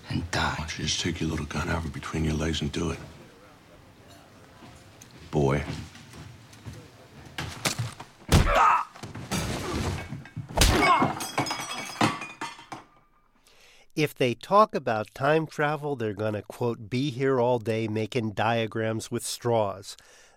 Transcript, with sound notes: Why don't you just take your little gun out from between your legs and do it, boy?
(SOUNDBITE OF PUNCHES)
If they talk about time travel, they're going to, quote, "be here all day making diagrams with straws."